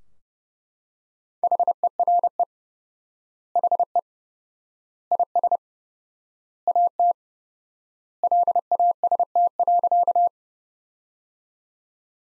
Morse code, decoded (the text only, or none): HERE HE IS AT LAST.